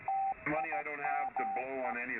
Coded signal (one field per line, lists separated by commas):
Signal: Morse code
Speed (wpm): 14 wpm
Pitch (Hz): 780 Hz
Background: speech, radio noise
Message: TIME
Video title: KX2U HamRadio Live Stream